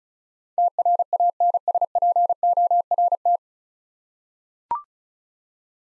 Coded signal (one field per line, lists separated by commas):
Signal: Morse code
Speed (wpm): 36 wpm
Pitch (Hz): 700 Hz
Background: none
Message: TRANSPORT